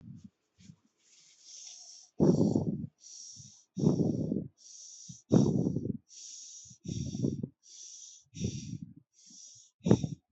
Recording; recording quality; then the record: shallow breathing; excellent, no background noise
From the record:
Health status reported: COVID-19 positive, mild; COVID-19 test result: positive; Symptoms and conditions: cold, fever, fatigue, muscle pain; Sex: female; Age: 22 years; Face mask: not worn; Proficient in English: yes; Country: India